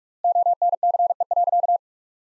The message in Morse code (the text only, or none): ONCE.